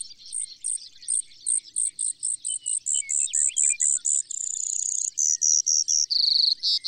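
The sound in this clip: Brewer's sparrow song: high, insect-like notes that repeat faster and faster, shift into a long buzz, then drop to a lower buzzy trill.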